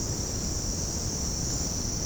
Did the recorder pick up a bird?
no